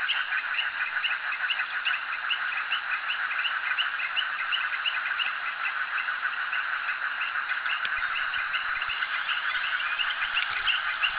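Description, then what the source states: Continuous frog chorus of rapid overlapping notes with scattered higher chirps; a few faint clicks partway through. Frogs calling at a jetty.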